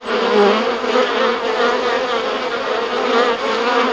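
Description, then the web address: Bees buzzing: a dense, continuous, droning hum from several insects with slight wavering in pitch, holding steady for four seconds. "anasyn caracalla thesis RI bees"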